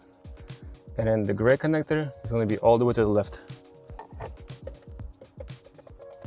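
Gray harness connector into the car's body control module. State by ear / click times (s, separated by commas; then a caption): not seated / none. A gray plastic harness connector from a plug-and-play remote start kit is handled near the leftmost socket of the body control module in a 2011–2016 Hyundai Elantra MD. Someone talks over background music, followed by a few faint, brief handling ticks. Nothing has seated or clicked yet.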